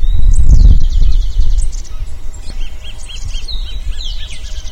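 Bird song: a high, thin descending trill, then a row of short repeated chirps and sweeping whistles, over low rumbling noise.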